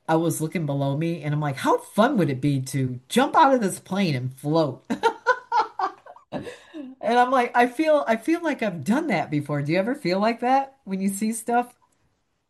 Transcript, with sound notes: I was looking below me and I'm like, "How fun would it be to jump out of this plane and float?" (laughs) And I'm like, I feel, I feel like I've done that before. Do you ever feel like that, when you see stuff?